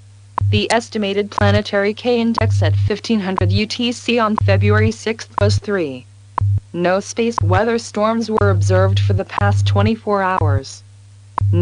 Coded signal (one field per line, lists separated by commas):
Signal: radio time signal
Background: speech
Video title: WWV ghost signal update | Signal Phantom